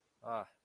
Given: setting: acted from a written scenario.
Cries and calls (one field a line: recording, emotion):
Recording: vocal sound without words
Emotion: contempt